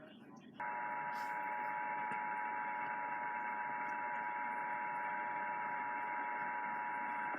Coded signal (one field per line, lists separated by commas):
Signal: Emergency Alert System (SAME) tones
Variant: 853 and 960 Hz attention tone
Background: speech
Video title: EAS Alerts 8-12 from 1/11/20-1/12/20